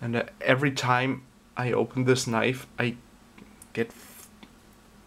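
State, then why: Not seated. Someone talks while a Ganzo G711 folding pocket knife is opened, its axis lock engaging to lock the opened blade without a clear snap. Only faint handling noise follows the speech, and nothing has audibly snapped or clicked into place yet.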